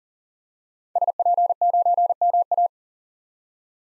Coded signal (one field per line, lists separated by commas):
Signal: Morse code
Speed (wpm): 40 wpm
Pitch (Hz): 700 Hz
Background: none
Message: SP9MA